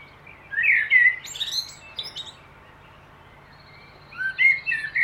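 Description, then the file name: Common blackbird song with a rich, slurred whistled phrase ending in high scratchy twitters, silence, then a new mellow phrase begins. "Turdus merula"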